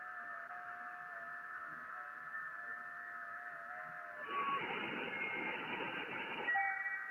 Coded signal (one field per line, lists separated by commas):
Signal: FT8